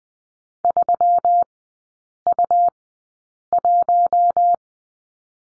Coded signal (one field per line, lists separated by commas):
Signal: Morse code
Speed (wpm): 20 wpm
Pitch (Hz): 700 Hz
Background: none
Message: 3U1